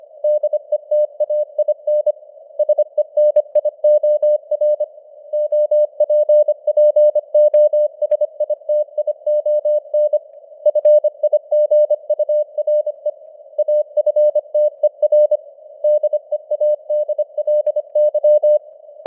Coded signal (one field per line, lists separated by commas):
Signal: Morse code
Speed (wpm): 25 wpm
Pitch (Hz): 600 Hz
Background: none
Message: DETAIN SENIOR OPPOSITION FIGURE AFTER DEADLY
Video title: Morse Code News | 2025-11-09 | 25wpm